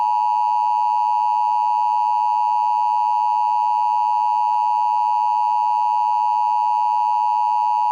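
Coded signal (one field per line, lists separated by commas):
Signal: Emergency Alert System (SAME) tones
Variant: 853 and 960 Hz attention tone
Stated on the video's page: Fake prank nuclear alert containing valid EAS tones.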